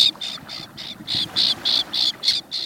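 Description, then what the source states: Common Tern calls: harsh rasping notes repeated in a steady pulse. Flock flying over the water; harsh voices in sharp contrast to their sprightly appearance.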